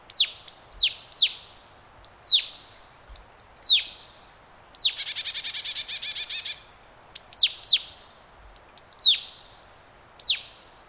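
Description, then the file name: Marsh tit gives sharp, high, downslurred 'pitchoo' notes in quick pairs and groups, broken by a long buzzy run of rapid scolding notes mid-sequence. "Poecile palustris"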